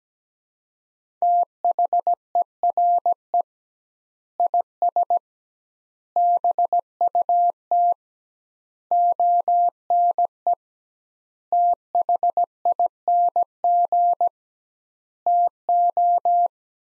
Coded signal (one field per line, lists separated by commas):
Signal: Morse code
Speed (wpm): 17 wpm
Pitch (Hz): 700 Hz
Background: none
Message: THERE IS BUT ONE THING TO